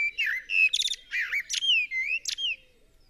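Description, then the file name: Common blackbird delivering a string of varied fluty whistles with short, sharp, high-pitched squeaks between them. "Turdus merula"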